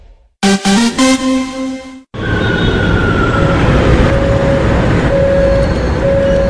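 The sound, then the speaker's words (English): A short run of loud electronic chime tones, then a subway train's steady heavy rumble with a thin high whine running over it, continuous and loud to the end. “Iba a subirme en el metro para llegar a mi trabajo colocándome los audífonos para ir escuchando Antena 8.”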